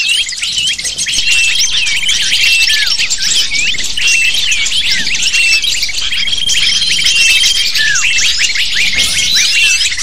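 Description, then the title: Lovebird flock chatter of rapid shrill chirps and squeaks, unbroken, with a few downward-sliding calls and faint steady whistles. Lure sound used to attract lovebirds. "PIKAT BURUNG LOVEBIRD"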